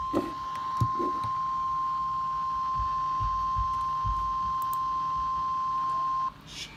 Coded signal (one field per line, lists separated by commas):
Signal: Emergency Alert System (SAME) tones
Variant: 1050 Hz attention tone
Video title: Severe Thunderstorms Warning EAS #3